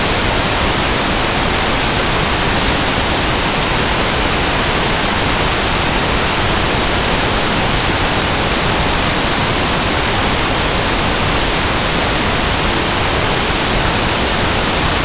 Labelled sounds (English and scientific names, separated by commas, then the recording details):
none
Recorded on Arctic tundra, site NAIT-1, on 23 June 2018
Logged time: 19:00